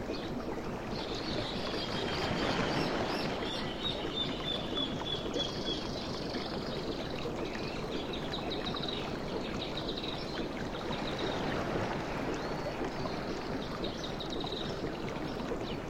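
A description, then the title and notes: Ocean beach and forest sounds: a thick, steady rush of surf fills the whole clip, swelling slightly around the second and third seconds but otherwise constant. High, thin bird calls thread over the roar, most noticeable from about five to twelve seconds. Ocean Beach and Forest Sounds. This 1.5-hour audio recording captures the essence of a tranquil beach setting, with water white noise. Ocean waves, and soft water splashes.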